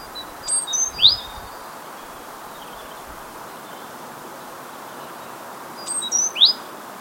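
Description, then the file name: Great tit call: a three-note phrase of high thin notes ending in a rising sweep, then a long pause and the phrase again, with constant low hiss. "Parus major"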